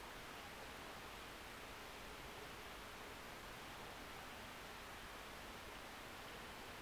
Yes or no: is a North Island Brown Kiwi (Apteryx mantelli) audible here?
no